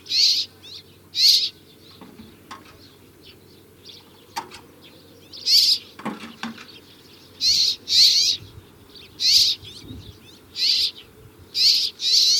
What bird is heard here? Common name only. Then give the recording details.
Rock Sparrow. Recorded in the wild. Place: Wüste Gobi, MN. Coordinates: 42.94, 105.082. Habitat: Desert. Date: 1979-06-01 07:00. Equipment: Nagra III BH, Sennheiser MD 21, parabola. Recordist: Schubert, Michael